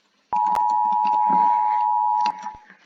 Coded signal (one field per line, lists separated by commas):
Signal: Emergency Alert System (SAME) tones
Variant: 853 and 960 Hz attention tone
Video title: RATING ALL EAS ALARMS (PART TWO)